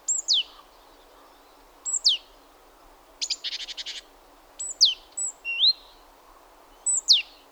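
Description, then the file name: Great tit calls: thin high descending notes, sharp upslurred chips and one harsh buzzy burst, in scattered bouts with pauses between. "Parus major"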